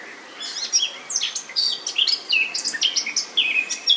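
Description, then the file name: Eurasian blackcap song, a hurried chattering warble that breaks into a series of loud, clear, fluty whistles, repeated in quick succession. "Sylvia atricapilla"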